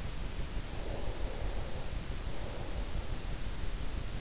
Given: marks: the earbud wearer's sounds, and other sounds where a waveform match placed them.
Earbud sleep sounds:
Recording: sounds in sleep by an in-ear microphone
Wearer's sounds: breath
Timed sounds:
0.28-3.82 s: breath

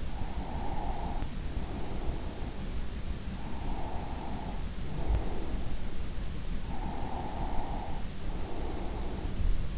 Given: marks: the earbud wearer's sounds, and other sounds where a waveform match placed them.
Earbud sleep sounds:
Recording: sounds in sleep by an in-ear microphone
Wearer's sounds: breath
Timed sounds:
0.12-2.65 s: breath
3.30-5.81 s: breath
6.74-9.78 s: breath

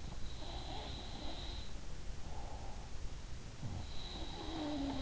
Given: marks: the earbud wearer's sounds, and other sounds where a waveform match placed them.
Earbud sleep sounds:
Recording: sounds in sleep by an in-ear microphone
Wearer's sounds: breath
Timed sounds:
0.00-1.70 s: sound from someone else or the room
2.10-3.14 s: breath
3.68-5.02 s: sound from someone else or the room

